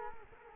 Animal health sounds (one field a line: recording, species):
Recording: mosquito wingbeat signal from an infrared sensor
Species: Culex quinquefasciatus